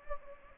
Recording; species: mosquito wingbeat signal from an infrared sensor; Anopheles gambiae